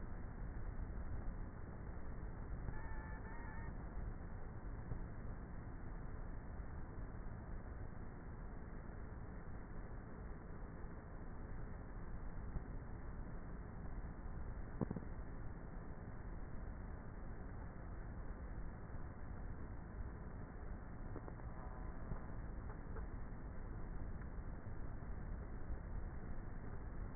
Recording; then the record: honeybee colony, microphone inside the hive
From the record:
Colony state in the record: queenless with a low population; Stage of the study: before two queens were removed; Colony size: about 30,000 bees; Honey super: no